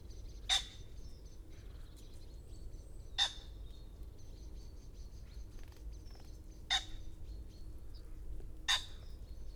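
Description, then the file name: Common chaffinch calls as single short, high notes every few seconds, faint, over steady low noise. "Fringilla coelebs"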